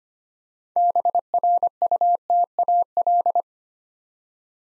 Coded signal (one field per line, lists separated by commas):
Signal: Morse code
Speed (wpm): 25 wpm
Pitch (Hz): 700 Hz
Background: none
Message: BRUTAL